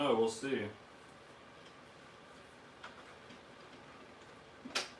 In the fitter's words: that just clicks right in nice and easy